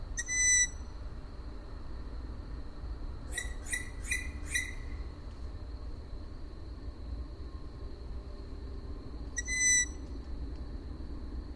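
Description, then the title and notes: Owl giving a single sharp squeak, then a rapid run of four squeaky notes, and another lone squeak near the end, over a steady high hum. Owls in Židlochovice. "Sovy, Židlochovice. Sovy v Židlochovicích, nahrál Tomáš Šenkyřík"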